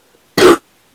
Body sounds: coughing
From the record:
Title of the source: 60 coughing still (deep and wet cough)

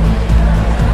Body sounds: background sound without coughing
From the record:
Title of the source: Party Noise 1 Hour Party Ambience

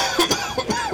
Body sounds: coughing mixed with background sound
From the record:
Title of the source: Dry Coughing Fit in the Afternoon.

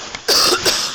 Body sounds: coughing mixed with background sound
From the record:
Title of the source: November cold (wet coughing)

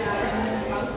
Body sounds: background sound without coughing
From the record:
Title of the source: 40 min - Ambience sounds UNIVERSITY lunchroom chatting

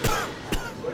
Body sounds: coughing mixed with background sound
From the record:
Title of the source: Coughing 51

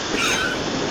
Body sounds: coughing mixed with background sound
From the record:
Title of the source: 64 coughing, allergies, singing lungs

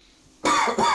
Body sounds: coughing mixed with background sound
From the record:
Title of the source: Spring Cold Coughing 2

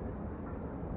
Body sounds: background sound without coughing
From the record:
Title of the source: Train Ride Ambience ambient white noise for sleeping, focus, studying, reading

